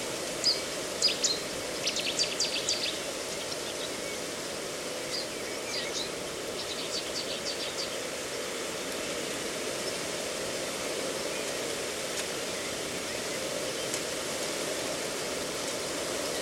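A steady hiss of wind through a reedbed fills the whole recording, with a soft low rumble beneath. Short bursts of high, sharp chirps from small birds cluster in the first eight seconds, then thin out to a few faint calls.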